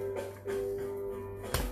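A rear suspension clip from the suspension web kit of a 1980s M1 helmet is pressed onto its helmet liner disc over steady background music. It snaps and seats with a sharp click at 1.5 s.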